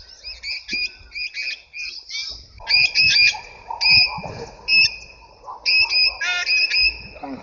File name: cape parrot